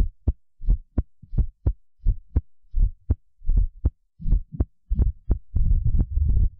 Irregular Fast Heartbeat.